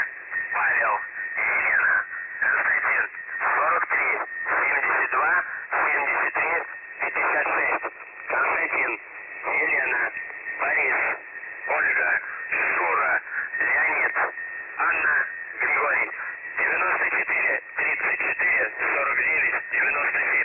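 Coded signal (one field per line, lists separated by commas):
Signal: numbers station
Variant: UVB-76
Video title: The Buzzer/UVB-76 Voice Message (December 4, 2020 10:27 UTC)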